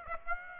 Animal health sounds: mosquito wingbeat signal from an infrared sensor; Aedes aegypti

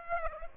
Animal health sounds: mosquito wingbeat signal from an infrared sensor; Aedes aegypti

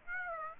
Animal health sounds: mosquito wingbeat signal from an infrared sensor; Aedes aegypti

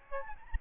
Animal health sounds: mosquito wingbeat signal from an infrared sensor; Aedes albopictus

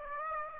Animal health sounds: mosquito wingbeat signal from an infrared sensor; Aedes aegypti

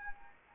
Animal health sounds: mosquito wingbeat signal from an infrared sensor; Anopheles arabiensis

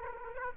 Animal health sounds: mosquito wingbeat signal from an infrared sensor; Aedes aegypti

